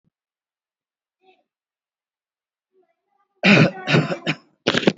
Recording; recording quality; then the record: heavy voluntary cough; excellent, no background noise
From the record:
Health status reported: COVID-19 positive, moderate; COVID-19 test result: positive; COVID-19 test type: RT-PCR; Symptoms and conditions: cough, cold, muscle pain, hypertension, diabetes, ischaemic heart disease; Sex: male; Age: 57 years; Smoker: yes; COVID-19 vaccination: both doses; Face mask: worn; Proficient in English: yes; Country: India